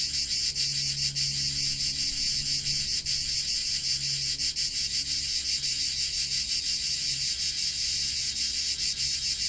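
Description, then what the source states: Cicadas droning in a thick, continuous high buzz, with a soft low hum coming and going underneath. Cicada song in Provence, used as a focus for mindful attention during a guided siesta meditation.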